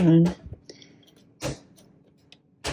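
Someone talks while the carriage lock on a vintage 1962 Royal Futura 400 manual typewriter is engaged and the carriage is given a tap so it locks in place. A sharp metallic click is heard at 2.3 s, surrounded by speech and faint mechanical ticks. The typewriter carriage seats into its carriage lock.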